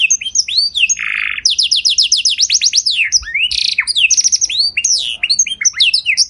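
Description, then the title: Domestic canary sings varied high sweeping notes, a harsh buzzy note early on, a rapid series of repeated whistles, and another buzz midway. White canary with rolling song, long sustained phrases and ornate cengkok style. "Canto Para Esquentar Canário Belga. Suara Burung Kenari Putih Ngeroll Mantap Nembak Panjang! Cengkok Mewah Beda Dari Kenari Lain"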